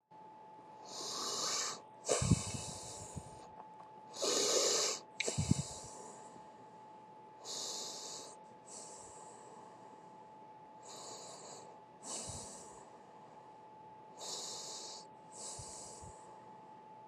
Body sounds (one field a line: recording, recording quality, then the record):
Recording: deep breathing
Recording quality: moderate, slight background noise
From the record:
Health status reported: COVID-19 positive, no symptoms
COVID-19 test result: positive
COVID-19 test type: rapid antigen test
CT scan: not taken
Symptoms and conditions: cough, sore throat, fatigue, muscle pain, hypertension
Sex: female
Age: 50 years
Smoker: no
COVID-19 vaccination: both doses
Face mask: not worn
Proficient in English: yes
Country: United States